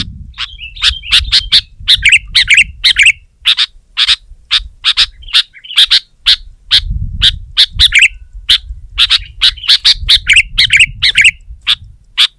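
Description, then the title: Sooty-headed bulbul delivering rapid bright chips interspersed with short rolling warbles, repeated throughout, with a soft low rumble underneath. "kutilang"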